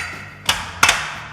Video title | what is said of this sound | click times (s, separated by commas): Little Giant Ladder Velocity EN | Make sure again, those are rotated 90 degrees, fully seated, locked into place. | 0.5 s, 0.8 s